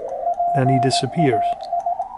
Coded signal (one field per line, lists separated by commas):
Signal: Morse code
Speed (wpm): 18 wpm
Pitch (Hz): 700 Hz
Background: speech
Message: PAI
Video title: Yaesu FT-1000D classic high-end ham transceiver